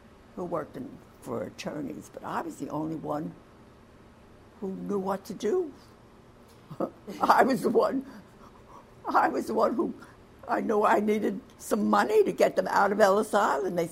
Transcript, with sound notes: Who worked in-for attorneys, but I was the only one who knew what to do. (laughs) I was the one who--I knew I needed some money to get them out of Ellis Island.